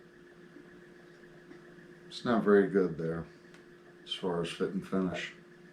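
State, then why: Not seated. A poorly fitting plastic cavity cover is handled against the back of an Ibanez AX120 / AX6 electric guitar body while someone talks over a steady low hum, with a couple of faint short taps near 3.5 and 4.1 seconds. Nothing has seated or clicked yet; the cover is not home by the end of the clip.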